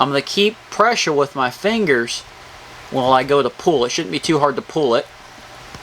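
Master link pliers are used on a steel bicycle master link closing a bicycle chain, with fingers holding pressure on the link while it is pulled to lock it. Someone talks over a faint steady background hum. No snap is heard, and nothing has seated or clicked yet.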